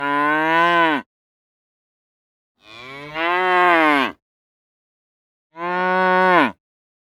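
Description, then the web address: Cow mooing, three long harmonic moos of one to one and a half seconds each, separated by silent gaps of one to two seconds, the last falling in pitch at its end. "The Sound Pack Tree - The Nature Pack. cow moos"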